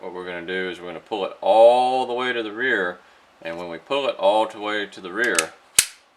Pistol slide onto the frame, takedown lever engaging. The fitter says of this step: you're going to hear that click back around if